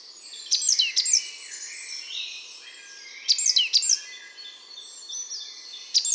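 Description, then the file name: Great tit giving quick groups of piercing, descending high notes at irregular intervals of a few seconds, set against a busy chorus of other birds. "Parus major"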